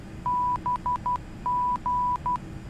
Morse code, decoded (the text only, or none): BG